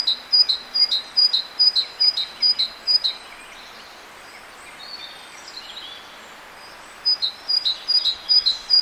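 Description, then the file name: Great tit song of bright repeated two-note phrases, high then lower, in a fast series that pauses for a few seconds of faint sounds before resuming. "Parus major"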